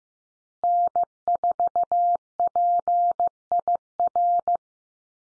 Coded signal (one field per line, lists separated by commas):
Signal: Morse code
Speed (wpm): 14 wpm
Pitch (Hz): 700 Hz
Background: none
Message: N4PIR